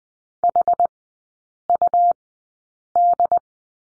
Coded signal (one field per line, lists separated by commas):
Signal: Morse code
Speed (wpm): 20 wpm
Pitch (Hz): 700 Hz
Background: none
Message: HUD